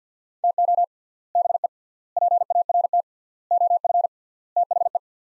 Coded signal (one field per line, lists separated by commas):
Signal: Morse code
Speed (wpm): 50 wpm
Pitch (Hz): 700 Hz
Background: none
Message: TO BE PART OF THE